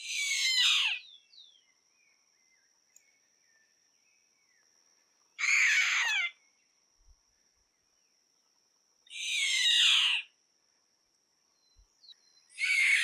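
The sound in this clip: Chimango caracara giving harsh, hoarse screeching calls, each about a second long, repeated every few seconds with silence between; a faint steady high whine runs throughout.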